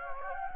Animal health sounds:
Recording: mosquito wingbeat signal from an infrared sensor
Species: Anopheles gambiae

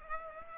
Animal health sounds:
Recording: mosquito wingbeat signal from an infrared sensor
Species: Aedes aegypti

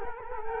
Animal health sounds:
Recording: mosquito wingbeat signal from an infrared sensor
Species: Culex quinquefasciatus

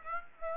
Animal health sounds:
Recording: mosquito wingbeat signal from an infrared sensor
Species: Aedes aegypti

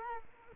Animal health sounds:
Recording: mosquito wingbeat signal from an infrared sensor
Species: Culex quinquefasciatus

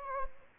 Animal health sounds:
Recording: mosquito wingbeat signal from an infrared sensor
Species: Anopheles gambiae

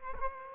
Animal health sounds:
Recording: mosquito wingbeat signal from an infrared sensor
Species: Culex quinquefasciatus

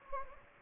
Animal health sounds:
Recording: mosquito wingbeat signal from an infrared sensor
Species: Anopheles gambiae

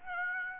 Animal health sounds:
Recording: mosquito wingbeat signal from an infrared sensor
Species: Aedes aegypti

